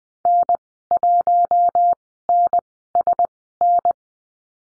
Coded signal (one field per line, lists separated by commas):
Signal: Morse code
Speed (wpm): 20 wpm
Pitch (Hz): 700 Hz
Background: none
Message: N1NSN